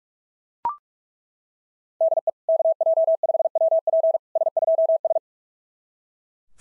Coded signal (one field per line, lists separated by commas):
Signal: Morse code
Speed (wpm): 40 wpm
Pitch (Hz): 660 Hz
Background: none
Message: DE KJ5WP S2S